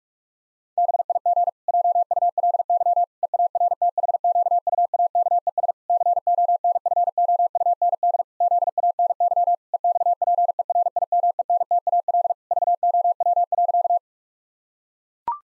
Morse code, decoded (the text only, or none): BIG JULY EARTHQUAKES CONFOUND ZANY EXPERIMENTAL VOW.